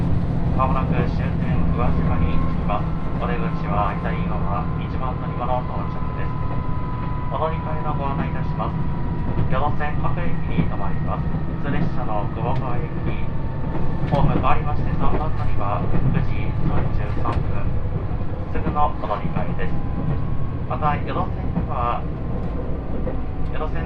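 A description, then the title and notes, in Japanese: Onboard the Yosan Line limited express Uwakai No. 5, running from Iyo-Ozu toward Uwajima. A steady low rumble fills the whole clip, with repeated clusters of clicks from the rails and thin whining tones that rise and fall. Voices murmur underneath. 予讃線特急宇和海5号 伊予大洲→宇和島。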